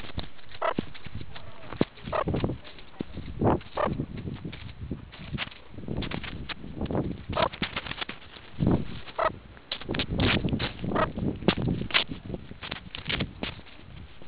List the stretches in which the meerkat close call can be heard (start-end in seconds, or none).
0.60-0.74, 2.11-2.25, 3.74-3.90, 7.32-7.50, 9.16-9.31, 10.93-11.07